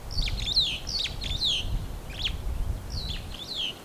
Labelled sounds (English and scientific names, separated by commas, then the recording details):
Superb Starling (Lamprotornis superbus) flight call
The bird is a female
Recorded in Kenya on 13 April 2009 at 07:58
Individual 5, of group CF1